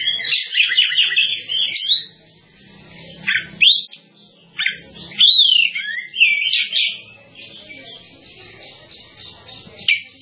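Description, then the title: Java sparrow singing dense chattering chirps at first, then louder ringing bell-like notes and twitters, with a few isolated chips near the end. "kicau gelatik"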